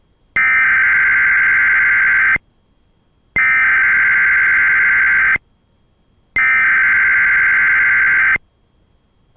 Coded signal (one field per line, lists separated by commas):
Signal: Emergency Alert System (SAME) tones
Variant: header bursts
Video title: Ohio Regional CAE (EAS #1155)